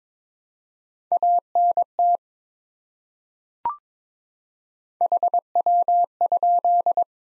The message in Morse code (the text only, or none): ANT HW?